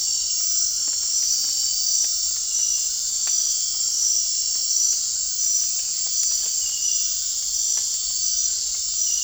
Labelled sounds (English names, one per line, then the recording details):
none
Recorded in dense forest near Puerto Asís, Putumayo, Colombia, on 24 March 2025 at 20:00
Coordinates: 0.499, -76.324
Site GP03